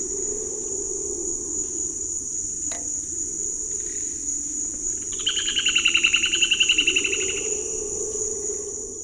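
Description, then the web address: Point-tailed palmcreeper song: a loud, rapid pulsed rattle lasting about two seconds, over a constant shrill insect drone and a low background hum. Recorded in the eastern lowlands of South America. "S America Eastern Lowlands. Berlepschia rikeri, song"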